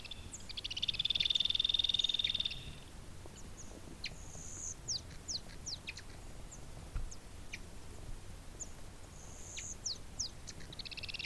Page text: Joseph Tobias and Nathalie Seddon - Андский шилоклювый дятел (Colaptes rupicola)